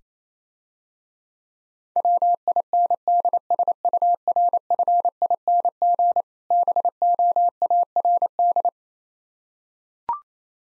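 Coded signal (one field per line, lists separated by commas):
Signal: Morse code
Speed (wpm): 28 wpm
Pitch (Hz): 700 Hz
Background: none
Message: WINDSURFING BOARD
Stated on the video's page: Morse practice of difficult words at 22 wpm with context hints, speed-racing format.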